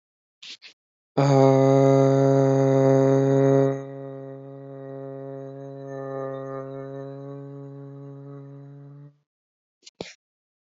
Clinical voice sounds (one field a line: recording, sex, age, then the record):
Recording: vowel held as long as possible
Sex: male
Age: 20 to 29 years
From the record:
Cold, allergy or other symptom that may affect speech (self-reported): no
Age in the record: 25 years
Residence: Michigan, United States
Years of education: 13